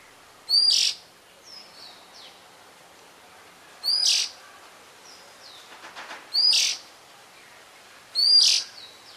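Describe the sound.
Oriental magpie-robin giving four loud, sharp, high notes a few seconds apart, with softer thin whistles and a brief scratchy run of clicks between them.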